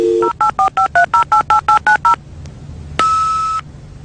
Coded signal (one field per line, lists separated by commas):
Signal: DTMF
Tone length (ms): 110 ms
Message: 08453088890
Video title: oldie but goodie dial up internet grandmas